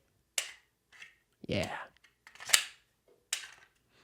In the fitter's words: magazine release has a really positive click yeah